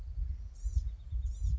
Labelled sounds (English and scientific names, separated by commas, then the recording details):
Blue-gray Gnatcatcher (Polioptila caerulea)
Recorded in Sonoma County, California